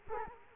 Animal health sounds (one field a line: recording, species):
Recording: mosquito wingbeat signal from an infrared sensor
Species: Culex quinquefasciatus